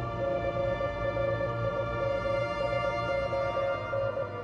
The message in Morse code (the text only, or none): CRIMSON